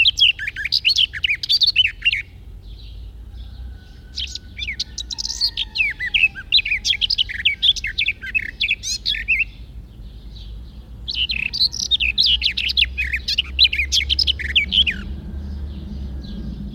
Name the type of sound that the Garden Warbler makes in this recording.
song